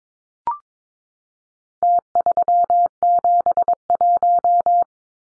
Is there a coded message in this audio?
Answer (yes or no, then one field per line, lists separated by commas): yes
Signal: Morse code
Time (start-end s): 1.8-4.8 s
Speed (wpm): 22 wpm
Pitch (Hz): 700 Hz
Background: none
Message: T371